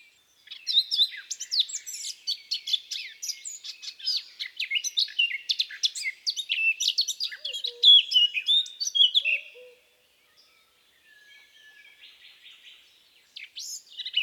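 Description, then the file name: Eurasian blackcap in long, fast scratchy warbling with fluty peaks, a pause near ten seconds, then quieter song resuming. "baratposzata"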